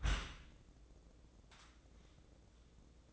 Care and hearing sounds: daily activity, microphone in the room; close dishwasher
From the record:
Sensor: 3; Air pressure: 1012.3 hPa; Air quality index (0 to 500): 144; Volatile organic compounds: 2 ppm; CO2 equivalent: 1112 ppm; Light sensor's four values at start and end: 641/1595/653/653 and 641/1595/653/653

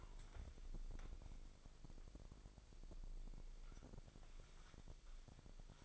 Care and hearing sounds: daily activity, microphone in the room; wipe stove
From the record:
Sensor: 5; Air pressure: 1001.7 hPa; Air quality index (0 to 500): 176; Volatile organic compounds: 10 ppm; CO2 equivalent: 2260 ppm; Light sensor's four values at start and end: 23/78/29/30 and 23/81/30/31

